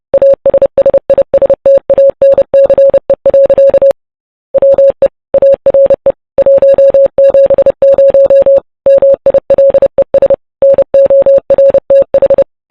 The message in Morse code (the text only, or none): ASSISTANCE. WE ARE 170 MILES NORTH